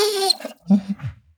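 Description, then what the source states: Dog whining: a short high tone, then a few low moaning whimpers that fade out. Low whine.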